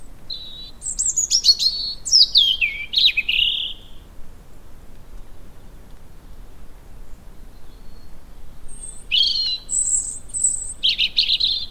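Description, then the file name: European robin song: two bursts of high, sweet, varied warbling phrases, trilling and sliding downward, separated by a pause of several seconds. "Erithacus rubecula"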